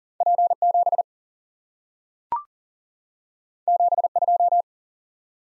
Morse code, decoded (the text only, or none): P7 72